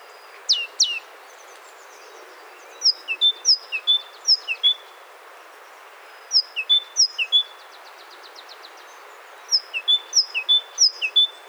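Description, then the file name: Great tit delivering bouts of sharp whistled three-note phrases, one bout followed by a fast dry rattling trill, then more phrases after a pause. "Parus major"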